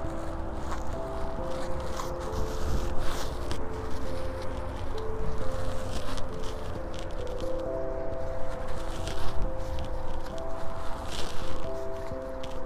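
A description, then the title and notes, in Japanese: Seedlings are set out through pre-laid plastic mulch, heard as short, irregular bursts of crinkling and rustling every second or so, with shuffling steps. A steady low engine-like drone with faint held tones runs underneath the whole time outdoors. サツマイモのツル苗を植えていきます。あらかじめ張っておいたマルチに棒で穴を開け、一本ずつ苗を置いたのち、土の中に挿していきます。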